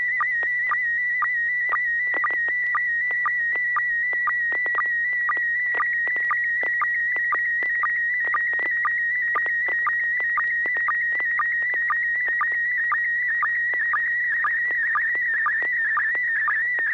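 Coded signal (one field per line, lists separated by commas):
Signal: SSTV (slow-scan television)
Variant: PD120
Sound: warbling, continuously shifting tone with a short low blip about twice per second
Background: low hum, radio hiss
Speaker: go ahead and fire off how about joel ai6dg you've got tone cd120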